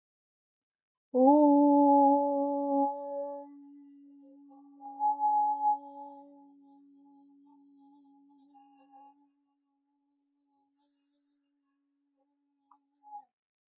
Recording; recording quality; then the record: sustained vowel as in boot; excellent, no background noise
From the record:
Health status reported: healthy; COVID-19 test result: not tested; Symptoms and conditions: none ticked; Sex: female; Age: 20 years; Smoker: not ticked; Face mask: not worn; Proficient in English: yes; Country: India